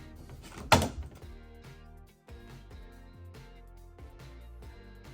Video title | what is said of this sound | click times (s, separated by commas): WWE ULTIMATE EDITION ATTITUDE ERA RING - RAW IS WAR - KANE EXCLUSIVE #wwe #wrestling #exclusive | you'll kind of hear them click in place | 0.7 s